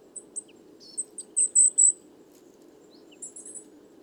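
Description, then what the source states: Coal tit calls, thin high notes with three louder drawn-out squeaky calls in a row, then a few high notes near the end, over a quiet low hiss. Flock of over 50 Coal tits, 29 September 2019, evening, Les Casses, Drôme; recorded in mono with a Wildtronic parabolic dish, which caused heavy handling noise.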